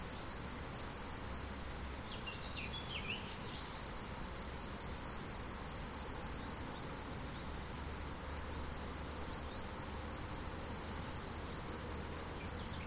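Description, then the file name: Cricket chorus of quick, even high chirps throughout, with brief bird-like chirps near the start, a shrill insect hiss, and a low hum. Crickets recorded 17 July 2012 with an MZ-N710 recorder. "mz-n 710 grillons 17 07 2012"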